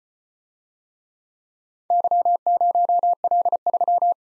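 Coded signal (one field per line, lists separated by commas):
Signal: Morse code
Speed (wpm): 33 wpm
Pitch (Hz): 700 Hz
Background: none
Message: Y0L3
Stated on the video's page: Four-character letter-number practice at 25 wpm, starting fast and slowing to a base speed; fastest is 1.5 times slowest, final repeat at maximum speed.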